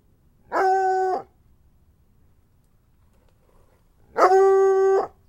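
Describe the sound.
Dog giving two steady, level howling notes about three seconds apart, each lasting under a second, with quiet background between them.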